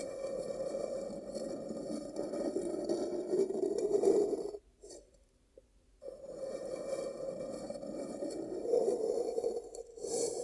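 Ear cupping produces a dense, muffled rushing rub, steady and full through the low-middle range with a rough scraping texture. It runs from the start to about 4.5 seconds, stops for a near-silent gap, then resumes around 6 seconds until the end.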